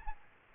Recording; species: mosquito wingbeat signal from an infrared sensor; Aedes aegypti